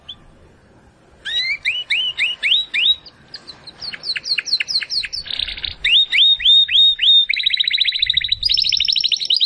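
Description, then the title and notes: Domestic canary song starting after a quiet moment: repeated upswept chirps, faster rattling phrases, then a high buzzy trill. Belgian canary of the Campainha type, singing. "Canário Belga Campainha Canary Singing. Canario Belga Cantando"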